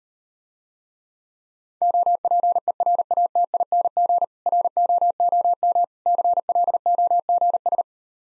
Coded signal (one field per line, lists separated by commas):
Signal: Morse code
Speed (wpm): 39 wpm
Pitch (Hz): 700 Hz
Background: none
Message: OPERATING ROOM CLOGS